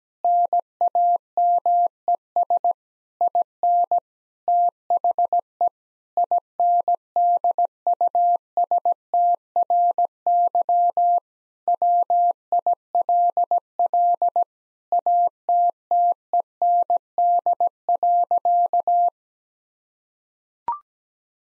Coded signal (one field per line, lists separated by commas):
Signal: Morse code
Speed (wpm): 17 wpm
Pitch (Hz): 700 Hz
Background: none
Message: NAMES IN THE INDUSTRY WILL ATTEND.